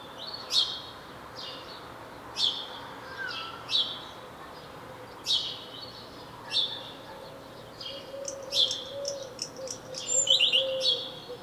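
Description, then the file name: House sparrow chirping, sharp bright chirps, growing busier near the end. "Passer domesticus"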